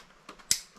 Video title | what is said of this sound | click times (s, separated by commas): Pose toi même attelage Audi A3 (Facile) | jusqu'au clic. Voilà | 0.5 s